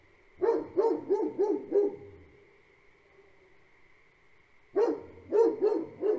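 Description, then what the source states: Great Pyrenees barking: a quick run of barks, a pause of nearly three seconds, then another run, over a steady high drone. Two livestock guardian dogs barking on a farm at night, for the first five minutes then periodically; frog chorus in the background; recorded March 2021.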